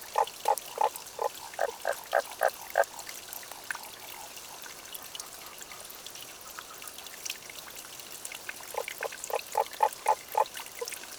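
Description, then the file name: Tago's brown frog producing rapid strings of short croaking notes at the start and again at the end, separated by a quieter stretch of trickling water noise. Recorded 30 May 2009 at 23:50. "tagogaeru-20090530-2350"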